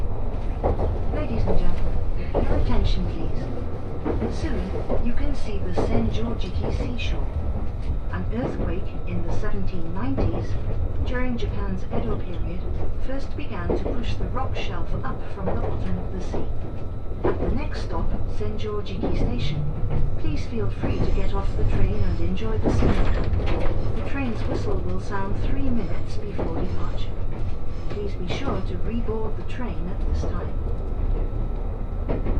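Aboard the Resort Shirakami No. 4 train, a steady low rumble carries on throughout while people talk continuously over frequent clicks and knocks.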